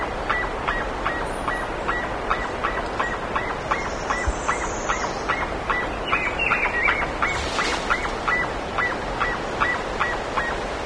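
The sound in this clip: Bird calls: a long, even train of short nasal notes, roughly two and a half per second, with faint higher chatter and steady hiss behind.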